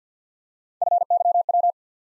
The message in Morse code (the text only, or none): FYW